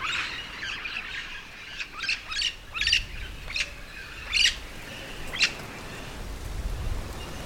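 Yellow-shouldered parrot making scattered harsh squawks and shorter chattering notes, several louder screeches standing out.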